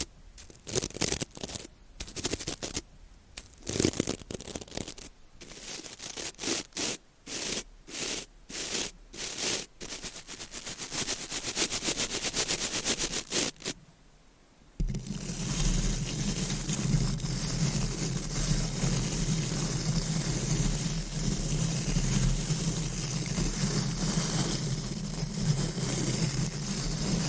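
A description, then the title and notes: Close microphone scratching and brushing fills the first fourteen seconds with rapid, uneven strokes, each a sharp rasp with short gaps between. After a brief near-silence around fourteen seconds, a steady, dense rubbing takes over, deep and rumbling with a constant hiss above, continuing to the end. ASMR Deep Mic Scratching , Brushing & Stroking Asmr No Talking.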